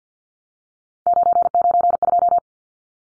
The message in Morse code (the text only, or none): 992